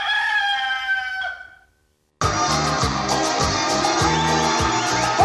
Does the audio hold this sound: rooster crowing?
yes